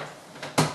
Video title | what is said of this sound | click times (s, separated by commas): Lager Making Tutorial - Part 1 from TheThriftyShopper.co.uk | Put our lid on. Make sure you hear it click into place. | 0.4 s, 0.6 s